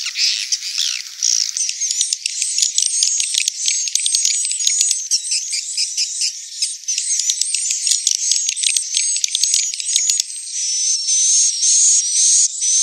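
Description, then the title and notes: Swiftlet chirping calls, fast rattling clicks and high buzzy twitters repeated in quick irregular bursts, with a thin whistled tone near the end. Sound used for swiftlet farming in Asia. "Swiflet Bird Sound. Farming Swiflet Bird asia sound"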